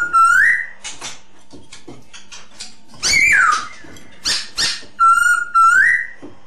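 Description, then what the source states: Masked laughingthrush song: loud, slightly rising whistled notes at the start and end, with harsh raspy bursts and clicks in between. Lure song.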